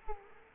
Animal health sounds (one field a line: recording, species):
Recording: mosquito wingbeat signal from an infrared sensor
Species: Culex quinquefasciatus